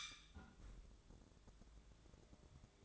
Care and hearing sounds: daily activity, microphone in the room; close fridge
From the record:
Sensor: 3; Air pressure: 1007.7 hPa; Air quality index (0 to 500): 66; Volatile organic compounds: 1 ppm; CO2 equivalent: 628 ppm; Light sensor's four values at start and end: 13/30/13/13 and 13/30/12/13

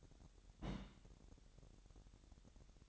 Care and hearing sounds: daily activity, microphone in the room; place on stove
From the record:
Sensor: 3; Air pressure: 1012.0 hPa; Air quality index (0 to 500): 205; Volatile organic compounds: 3 ppm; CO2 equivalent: 1536 ppm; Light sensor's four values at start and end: 107/254/104/92 and 107/254/104/92

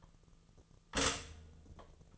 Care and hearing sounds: daily activity, microphone in the room; stop toaster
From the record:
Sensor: 4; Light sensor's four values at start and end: 23/69/27/27 and 23/69/27/27

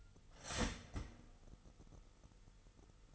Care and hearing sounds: daily activity, microphone in the room; start toaster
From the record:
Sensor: 4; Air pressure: 989.3 hPa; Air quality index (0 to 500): 217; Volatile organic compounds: 69 ppm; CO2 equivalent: 3507 ppm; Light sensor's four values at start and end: 22/78/29/30 and 23/79/29/30

